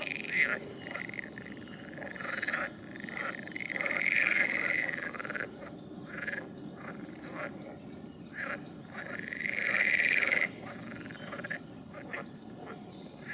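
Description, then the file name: Frogs calling in chorus, rapid overlapping croaks with two longer buzzy trills standing out near the fourth and tenth seconds. "Ni Gi D - Nature Recordings - Frogs"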